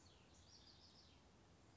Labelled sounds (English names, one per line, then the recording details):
House Wren
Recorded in Sonoma County, California